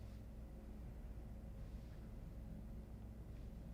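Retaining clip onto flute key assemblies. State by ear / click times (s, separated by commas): not seated / none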